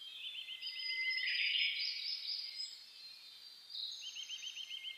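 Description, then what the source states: Birds at dawn: a rapid, even trill at the start and again at the end, over a wash of high twittering song from other birds. Dawn chorus (reimei) birdsong (saezuri), recorded 10 May 2010.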